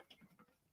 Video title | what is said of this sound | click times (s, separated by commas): Glock Laser Stipple Jig Demo/Review Q&A | and clicked into place so now it's not going anywhere | 0.1 s